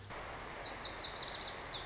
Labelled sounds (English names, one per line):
Lazuli Bunting